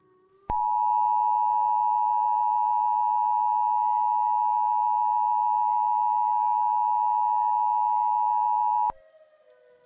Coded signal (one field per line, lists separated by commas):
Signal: Emergency Alert System (SAME) tones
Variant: 853 and 960 Hz attention tone